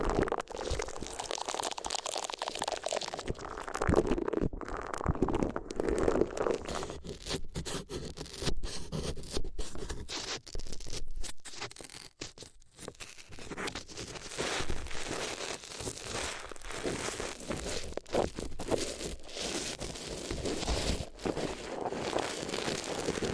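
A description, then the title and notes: ASMR paper sounds: continuous crinkling, rubbing and tearing of paper, dense and busy, with brief pauses near the middle and occasional sharper crunches. ASMR If You Had Paper Ears (No Talking).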